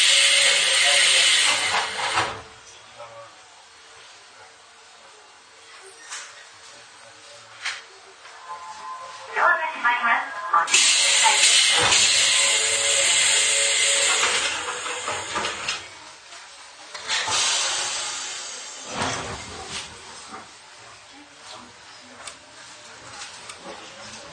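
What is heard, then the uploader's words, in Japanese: Riding inside a steel commuter train, with bursts of bright, airy hiss near the start, from about 11 to 14 seconds, and around 17 seconds. Between them the car quiets to a soft rumble with scattered clicks and a brief whining tone. 伊豆箱根鉄道3000系(鋼製車) 修善寺〜三島。車体は20ｍ級3扉車。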